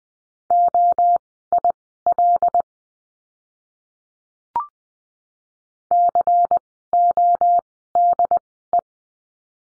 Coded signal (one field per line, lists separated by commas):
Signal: Morse code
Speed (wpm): 20 wpm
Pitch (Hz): 700 Hz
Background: none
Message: OIL CODE